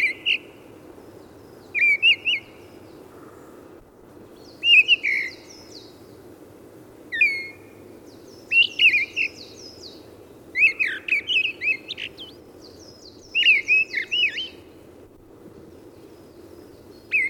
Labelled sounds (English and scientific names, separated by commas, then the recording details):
Mistle Thrush (Turdus viscivorus) song
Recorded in the wild
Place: Hanshagen, Mecklenburg-Vorpommern, DE
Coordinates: 53.805, 11.149
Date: 1975-03-22
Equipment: Nagra III BH, Sennheiser MD 21, parabola
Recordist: Schubert, Michael